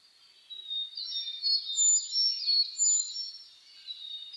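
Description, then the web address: Birds singing, a clear run of quick high warbled notes repeated about three per second, with thin piercing whistles above and quieter chirps behind. Dawn chorus (reimei) of birdsong (saezuri), recorded 10 May 2010 at 04:01 with a DH-D50 recorder. "reimei DH-D 50-saezuri-20100510"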